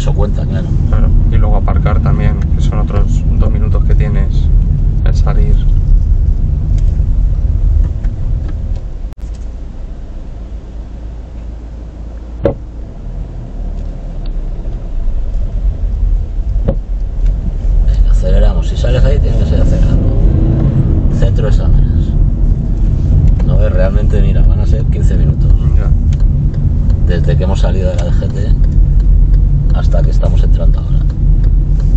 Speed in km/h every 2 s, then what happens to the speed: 28, 21, 16, 12, 0, 0, 0, 10, 9, 17, 29, 27, 26, 26, 21, 17.
0-7 brakes to 0. 7-13 standing. 13-19 pulls away to 29. 19-27 steady at about 26. 27-29 brakes to 17.